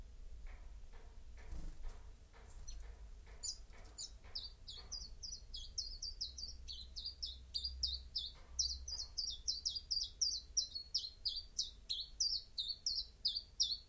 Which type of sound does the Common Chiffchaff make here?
song